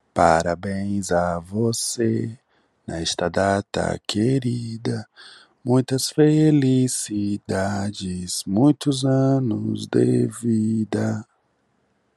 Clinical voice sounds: short text; Brazilian Portuguese; male; 20 to 29 years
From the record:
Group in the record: control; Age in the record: 28 years

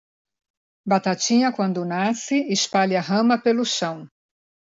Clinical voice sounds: short text; Brazilian Portuguese; female; 50 to 59 years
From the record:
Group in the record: control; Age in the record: 54 years

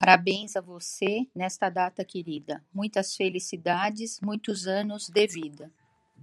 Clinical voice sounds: short text; Brazilian Portuguese; female; 60 to 69 years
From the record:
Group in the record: control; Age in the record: 68 years

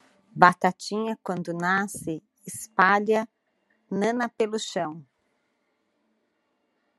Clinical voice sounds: short text; Brazilian Portuguese; female; 50 to 59 years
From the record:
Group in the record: control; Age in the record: 52 years

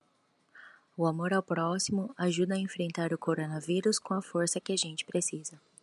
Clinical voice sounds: spoken sentence; Brazilian Portuguese; female; 30 to 39 years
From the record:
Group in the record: control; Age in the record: 39 years

